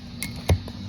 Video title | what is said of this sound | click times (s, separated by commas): 2023 kia sorento windshield wiper’s | And then that's it. That one's in there. | 0.2 s, 0.5 s